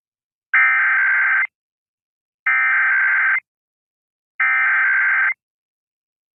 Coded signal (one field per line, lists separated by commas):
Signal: Emergency Alert System (SAME) tones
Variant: header bursts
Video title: [EAS #2011-#2017] The Final Set of Tests of 2022 (12/27/22 - 12/31/22)